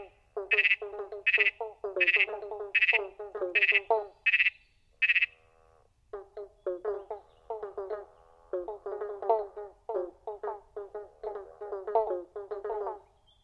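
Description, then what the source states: Pobblebonk frogs in chorus, short hollow low bonks in clusters, with higher buzzy pulses repeated a little faster than one per second early on. Chorus of several frogs.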